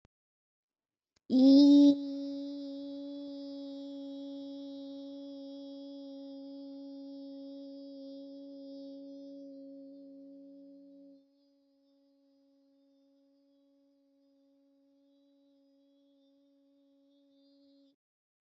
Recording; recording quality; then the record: sustained vowel as in beet; excellent, no background noise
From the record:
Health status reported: healthy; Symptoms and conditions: none ticked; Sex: female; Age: 24 years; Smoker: not ticked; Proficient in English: yes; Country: United States